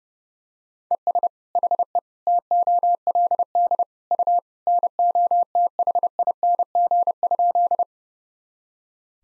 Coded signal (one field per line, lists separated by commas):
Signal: Morse code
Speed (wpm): 32 wpm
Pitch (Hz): 700 Hz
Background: none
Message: ES HE TOLD U NOTHING?